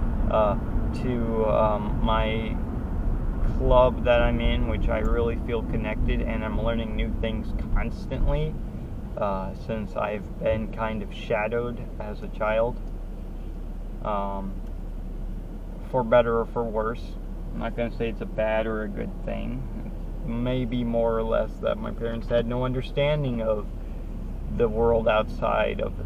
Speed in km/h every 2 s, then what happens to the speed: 53, 44, 32, 23, 6, 0, 0, 0, 0, 0, 0, 0, 0.
0-9 brakes to 0. 9-26 standing.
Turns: none.